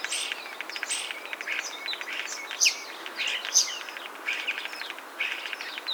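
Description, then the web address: Common starling song: dense run of chattering clicks, rattles and high squeaky whistles, continuous and varied, with faint background hiss. "birdsong Starling"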